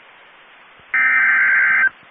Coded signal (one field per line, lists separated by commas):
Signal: Emergency Alert System (SAME) tones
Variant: header bursts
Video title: Two Severe Thunderstorm Warnings (EAS 1908 & 1909) 6/6/22